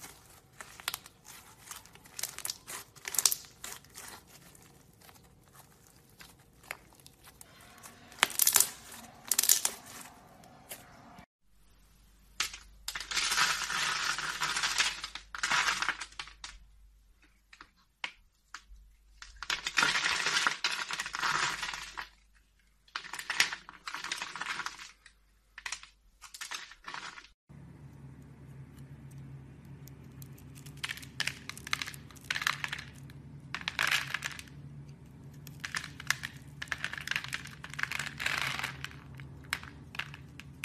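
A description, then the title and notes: Soap carving: a knife scrapes and shaves a bar of soap in short, bright, crackly strokes, coming in quick bursts with brief pauses. Around 11 and 27 seconds the sound abruptly shifts, and a low steady hum runs beneath the later scraping. This episode of the White Noise Podcast is SOAP CARVING.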